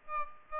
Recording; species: mosquito wingbeat signal from an infrared sensor; Aedes aegypti